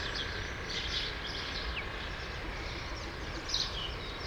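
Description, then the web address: True sparrows chattering, a quick tangle of high chirps from several birds over broad background noise. "True sparrows. دانلود-صدای-پرنده-راستین"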